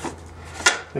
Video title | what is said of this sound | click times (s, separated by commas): Hay Baler Hook Up | ease on and you'll hold the collar back keys and on till it clicks and | 0.7 s